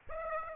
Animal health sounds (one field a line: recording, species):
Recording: mosquito wingbeat signal from an infrared sensor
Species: Aedes aegypti